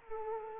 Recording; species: mosquito wingbeat signal from an infrared sensor; Culex quinquefasciatus